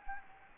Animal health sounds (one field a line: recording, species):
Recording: mosquito wingbeat signal from an infrared sensor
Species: Anopheles gambiae